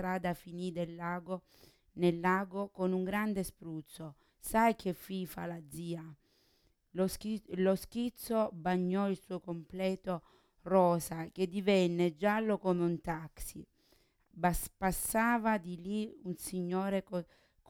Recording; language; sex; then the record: read passage; Italian; female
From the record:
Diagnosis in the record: Parkinson's disease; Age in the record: 40 years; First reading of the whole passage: 61 s, 7.8 characters per second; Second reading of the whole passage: 52 s, 9.9 characters per second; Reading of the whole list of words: 55 s, 5.1 characters per second